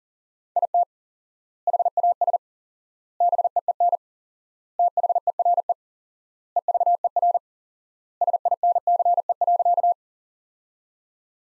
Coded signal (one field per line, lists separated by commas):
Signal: Morse code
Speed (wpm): 40 wpm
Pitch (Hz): 700 Hz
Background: none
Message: IT HAS BEEN THERE EVER SINCE.